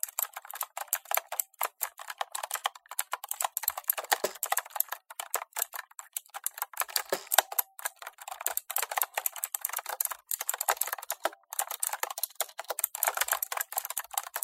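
Rapid, steady keyboard typing fills the whole clip, a dense run of bright clicks with brief pauses.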